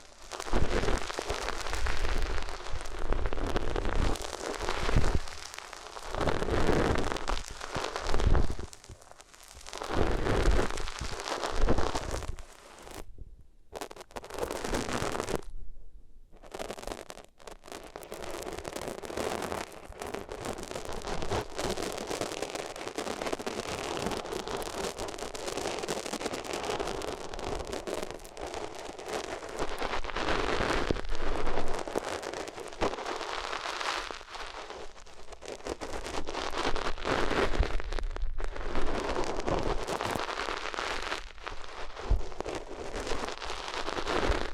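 Ears being rubbed against different materials, a dense, scratchy rustling that swells and fades in uneven strokes. Brief silent gaps around 13 and 16 seconds break the texture, then the rubbing resumes steadily with occasional louder, brighter scrapes and low muffled thumps.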